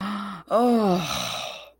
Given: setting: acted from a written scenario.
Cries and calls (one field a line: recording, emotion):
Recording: vocal sound without words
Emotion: disgust